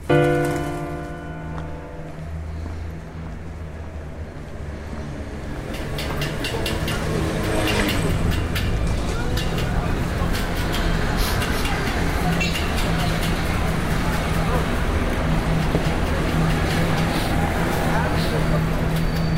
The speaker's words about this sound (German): Mit dem Bus in knapp einer Viertelstunde vom Flughafen zur riesigen, von unübersehbaren Bauzäunen und leidenschaftlichem Verkehrstumult geprägten Piazza Garibaldi gekommen, die sich vor Neapels Hauptbahnhof bäumt.